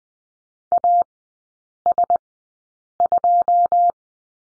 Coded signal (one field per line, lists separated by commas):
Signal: Morse code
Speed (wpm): 20 wpm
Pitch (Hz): 700 Hz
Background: none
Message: AS2